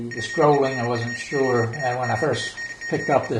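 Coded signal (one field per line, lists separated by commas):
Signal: Morse code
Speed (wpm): 42 wpm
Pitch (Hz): 1850 Hz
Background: speech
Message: PERFORMANCE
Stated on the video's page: Morse from a PIC32 keyer project being migrated to the PICadillo 35T, an early demo.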